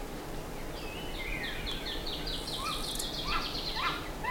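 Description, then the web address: Bird sounds: high thin chirps in a quick run, then a few sharp mid-pitched notes toward the end, all fairly faint over hiss. "BIRD 2015 SABIOD 50 bird 2015"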